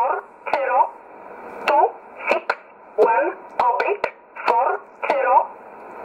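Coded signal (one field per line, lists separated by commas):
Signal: numbers station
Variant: E11 Oblique, English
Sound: about seven short spoken words read at even intervals over a narrow radio channel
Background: radio static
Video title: 15 06 2020 E11 Oblique Numbers station in English 0746 on 9610 unknown tx site in USB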